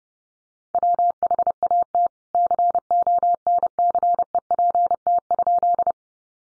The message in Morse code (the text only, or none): WHAT CONCEPT?